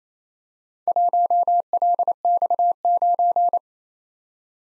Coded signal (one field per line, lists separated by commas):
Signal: Morse code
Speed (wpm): 27 wpm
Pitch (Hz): 700 Hz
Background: none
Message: 1LX9